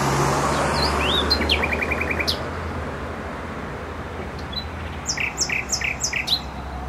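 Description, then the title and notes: Nightingale singing: rising whistles, a quick run of repeated notes, then a later series of five spaced, emphatic notes; heavy traffic rumble in the background. Singing in bushes close to a noisy motorway (Trasa Toruńska), Bródno-Podgrodzie, Warsaw, Poland; recorded with an Olympus LS-11. "Bródno-Podgrodzie, Warszawa, Polska - Trasa Toruńska Nightingale. nightingale singing in bushes close to noisy motorway. Recorder: Olympus LS-11"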